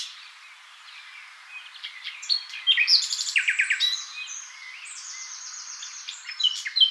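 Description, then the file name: Common nightingale song: a busy jumble of varied high phrases with rapid buzzy trills and sharp chirps, louder bursts in the middle and near the end. "Luscinia megarhynchos"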